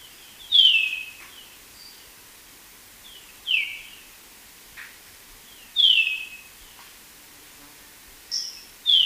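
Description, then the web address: Golden-rumped euphonia giving falling whistled notes, repeated every few seconds. Recorded in Ecuador. "Birds of Ecuador. Golden-rumped Euphonia"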